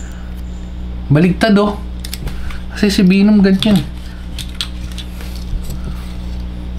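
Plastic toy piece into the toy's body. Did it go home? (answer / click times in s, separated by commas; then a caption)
yes / 4.6 s. A plastic piece of a Spiderman vs Venom rock-paper-scissors toy is pushed into the toy's body while someone talks. Several small plastic clicks and taps follow, with the part locking into place at 4.6 s, and it is seated.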